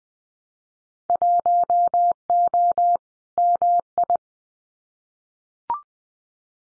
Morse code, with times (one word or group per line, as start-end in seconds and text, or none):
1.1-3.0 1O
3.4-4.2 MI